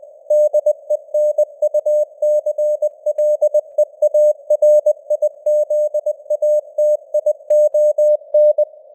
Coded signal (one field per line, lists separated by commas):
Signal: Morse code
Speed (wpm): 20 wpm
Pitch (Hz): 600 Hz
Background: none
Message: DENUCLEARIZATION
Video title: Morse Code News | 2025-11-01 | 20wpm